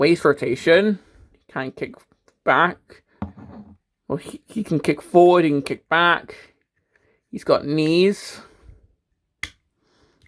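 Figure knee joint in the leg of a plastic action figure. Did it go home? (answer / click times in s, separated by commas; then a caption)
yes / 9.4 s. Someone talks while working the plastic knee joint in the leg of a Transformers Studio Series Gamer Edition Skywarp action figure. At 9.4 s the knee snaps into its locked position with a single sharp click, and the joint is seated.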